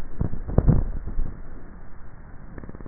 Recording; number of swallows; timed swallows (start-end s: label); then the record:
swallowing sounds by neck microphone; 1
0.35-1.28 s: swallow
From the record:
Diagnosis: dysphagia